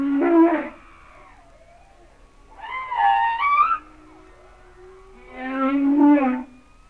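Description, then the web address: Humpback whale song: wavering tonal moans and harmonic cries alternating, with faint thin whistles between them. "Whale Songs Sounds of Nature - Humpback Whales"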